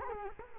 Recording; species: mosquito wingbeat signal from an infrared sensor; Culex quinquefasciatus